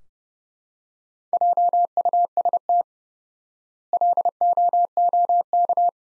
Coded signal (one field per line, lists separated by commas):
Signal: Morse code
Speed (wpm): 30 wpm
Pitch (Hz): 700 Hz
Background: none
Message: JUST LOOK